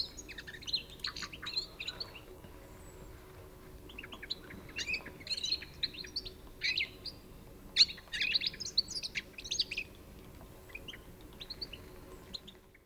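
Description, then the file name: European goldfinch giving twittering calls in irregular bursts of tinkling, liquid notes separated by short quieter gaps, fading out at the end. "Carduelis carduelis 151205"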